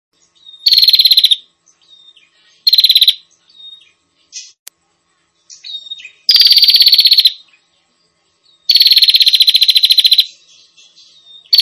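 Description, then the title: Prinia giving loud, buzzy bursts of rapid ticking notes, four main bursts plus one cut off at the end, separated by soft short chips and twitters. Noisy calling of prinias, used as a lure to attract prinias, including red-headed and visiting birds. "Suara Prenjak Ribut Buat Pikat Burung Prenjak Kepala Merah Prenjak Tamu"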